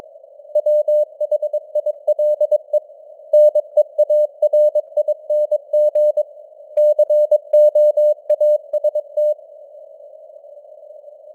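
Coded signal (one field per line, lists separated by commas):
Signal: Morse code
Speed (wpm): 22 wpm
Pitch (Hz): 600 Hz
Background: none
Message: WHILE NEARING COAST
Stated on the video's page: Computer-generated news headlines in Morse at 22 wpm with simulated radio noise and varying signal strength (QSB).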